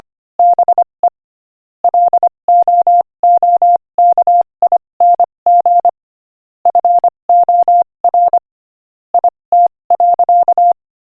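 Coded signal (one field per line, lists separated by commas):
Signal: Morse code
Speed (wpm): 25 wpm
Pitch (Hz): 700 Hz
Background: none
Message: BE LOOKING FOR IT.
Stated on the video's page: Morse code practice at 25 wpm, sending inspirational quotations.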